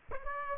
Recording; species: mosquito wingbeat signal from an infrared sensor; Aedes aegypti